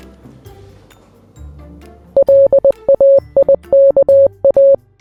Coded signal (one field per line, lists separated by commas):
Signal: Morse code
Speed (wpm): 20 wpm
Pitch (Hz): 550 Hz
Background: music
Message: LAIKA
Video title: Learn your Name in Morse Code Day with Laika the Husky